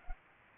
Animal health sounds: mosquito wingbeat signal from an infrared sensor; Anopheles arabiensis

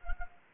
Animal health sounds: mosquito wingbeat signal from an infrared sensor; Culex quinquefasciatus

